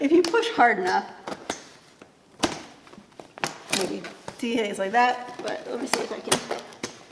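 Someone talks while pushing hard on a plastic part of a new video light, fitting it onto its mount or stand during assembly, with several short knocks and taps of handling in between. Nothing has seated or clicked yet.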